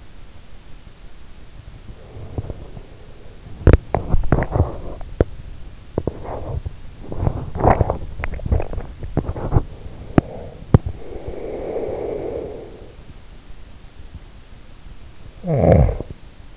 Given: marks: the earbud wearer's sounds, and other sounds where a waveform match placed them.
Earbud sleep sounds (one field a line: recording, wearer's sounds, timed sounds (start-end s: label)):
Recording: sounds in sleep by an in-ear microphone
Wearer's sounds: breath, teeth grinding, snoring breath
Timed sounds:
1.89-2.97 s: breath
3.51-11.07 s: teeth grinding
11.07-12.92 s: breath
15.21-16.46 s: snoring breath